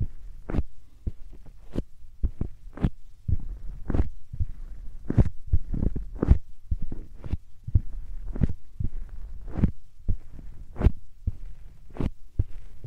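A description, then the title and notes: Short puffs of air come in quick succession, roughly two every second, each a soft thump with a brief breathy hiss on top. The rhythm is fairly regular with occasional paired bursts. A low steady hum sits underneath throughout. 말없이 3가지의 퍼프로 귀를 토닥토닥 해드려요 puff sound.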